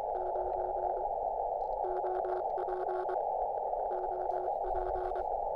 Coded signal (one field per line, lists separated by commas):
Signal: Morse code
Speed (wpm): 24 wpm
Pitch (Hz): 370 Hz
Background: radio noise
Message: 9 OP OP